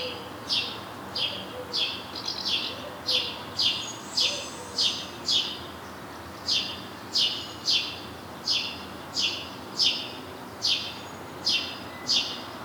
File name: Passer domesticus